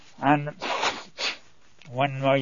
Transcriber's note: he blows his nose